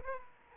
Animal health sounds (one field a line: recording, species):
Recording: mosquito wingbeat signal from an infrared sensor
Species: Aedes aegypti